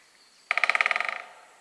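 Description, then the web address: Great spotted woodpecker drumming, a single fast roll of about fifteen sharp knocks lasting under a second and fading at the end. "fagelljud storre hackspett"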